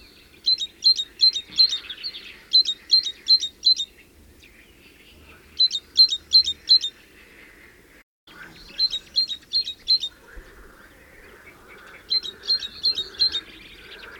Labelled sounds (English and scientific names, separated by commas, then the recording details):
Great Tit (Parus major) song
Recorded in the wild
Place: Melnik, Blagoewgrad, BG
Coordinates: 41.525, 23.392
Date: 1974-05-26
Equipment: Nagra III BH, Sennheiser MD 21, parabola
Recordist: Schubert, Michael